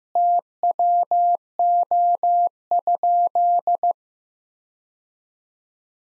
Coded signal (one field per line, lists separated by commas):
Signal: Morse code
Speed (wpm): 15 wpm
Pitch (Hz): 700 Hz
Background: none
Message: TWO?